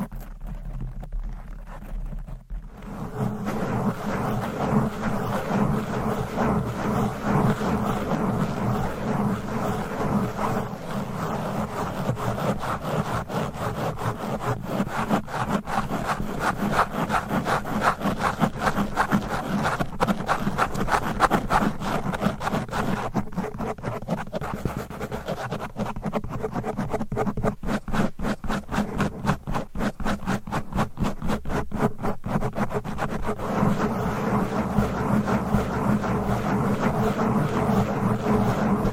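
Fast, aggressive scratching and rubbing on a microphone, starting after a quieter opening of about three seconds. The rough, dense scraping runs nearly continuously to the end with a low rumble underneath, and rapid strokes get busier around the middle and late sections.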